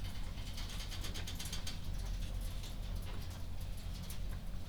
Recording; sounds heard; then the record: poultry house recording; no chicken sound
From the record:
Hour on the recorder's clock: 0